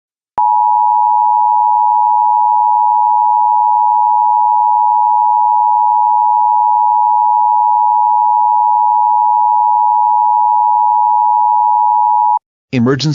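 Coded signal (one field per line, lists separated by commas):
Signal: Emergency Alert System (SAME) tones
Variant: 853 and 960 Hz attention tone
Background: speech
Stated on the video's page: Fictional EAS scenario about a suicide ghost.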